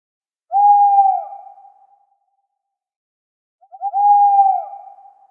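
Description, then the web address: Owl calling: two drawn-out, steady, mid-pitched hoots about three seconds apart, each fading slightly at the end, the second opening with a short stutter; no other sounds. "krik sovy"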